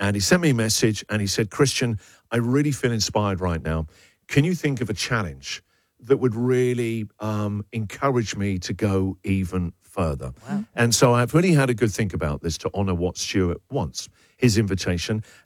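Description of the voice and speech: An adult man speaks fluently in a low, steady voice at a relaxed conversational pace, with natural phrase pauses and no repeats, blocks or strain. It is clear, ordinary connected speech with no voice or fluency disorder heard.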